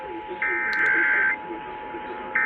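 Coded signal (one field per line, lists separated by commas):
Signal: Emergency Alert System (SAME) tones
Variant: header bursts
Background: speech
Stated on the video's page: Texas Required Monthly Test as broadcast on Dallas/Fort Worth radio and television stations.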